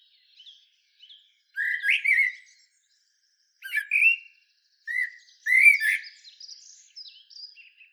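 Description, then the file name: Common blackbird song: several warbled fluty phrases separated by pauses, with squeaky high notes, and faint high twitter at the start and end. "Turdus merula"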